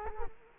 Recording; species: mosquito wingbeat signal from an infrared sensor; Culex quinquefasciatus